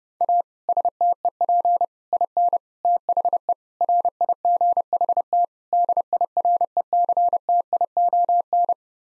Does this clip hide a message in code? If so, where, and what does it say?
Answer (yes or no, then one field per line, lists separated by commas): yes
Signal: Morse code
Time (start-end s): 0.2-8.7 s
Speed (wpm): 30 wpm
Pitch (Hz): 700 Hz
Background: none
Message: A STEP IN THE RIGHT DIRECTION